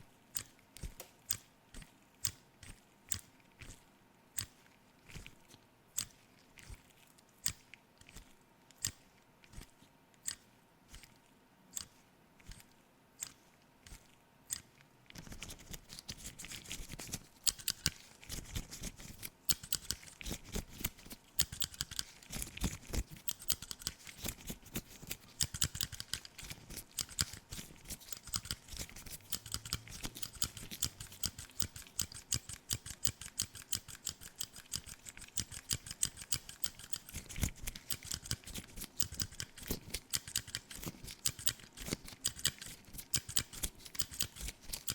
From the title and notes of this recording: ASMR FACE CLEANING, ASMR ROLE PLAY CLEANING CAMERA, NO TALKING.